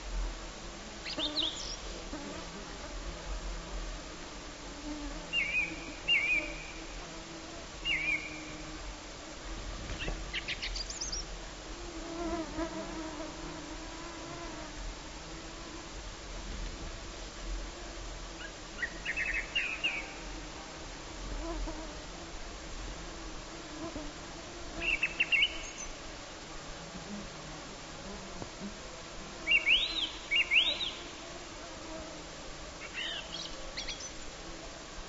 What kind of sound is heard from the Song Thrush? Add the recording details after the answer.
song. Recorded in the wild. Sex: male. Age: adult. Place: Halbinsel Kindo, Karelien, RU. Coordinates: 66.5425, 33.1406. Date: 1995-06-23 22:42. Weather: fair, 20°C, no wind. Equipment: Sony TCD-D3, Sennheiser MKH 70, Windkorb. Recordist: Frommolt, Karl-Heinz